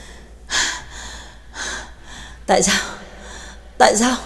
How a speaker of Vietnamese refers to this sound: Hùng hục chạy một mạch từ nãy đến giờ, y đã bắt đầu thở không ra hơi, hai tay chống xuống đầu gối oằn mình thở dốc.